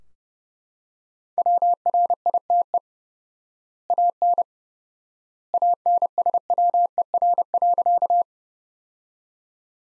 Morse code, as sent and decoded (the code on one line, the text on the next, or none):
.-- .-. .. - . / .- -. / .- -. ... .-- . .-. .-.-.-
WRITE AN ANSWER.